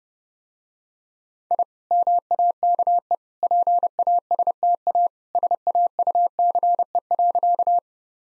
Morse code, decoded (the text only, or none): I MAKE PASTA SAUCE.